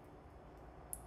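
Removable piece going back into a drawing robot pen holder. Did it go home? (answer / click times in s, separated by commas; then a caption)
yes / 0.9 s. A removable pen holder piece from a Makelangelo drawing robot, pulled out from under the front edge, is pushed back in the right way up against a low, steady background. A small, sharp click sounds at 0.9 s, meaning the piece has locked in place.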